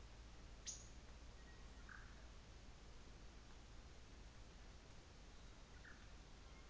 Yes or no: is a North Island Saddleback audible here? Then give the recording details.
no. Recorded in New Zealand on 24 December 2018. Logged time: 14:50